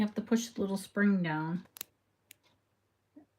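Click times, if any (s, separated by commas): 1.8 s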